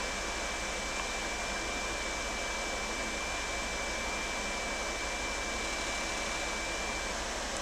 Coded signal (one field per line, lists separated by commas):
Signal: FT8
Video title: r1cbu software on XIEGU X6100 ham radio! ft8 no pc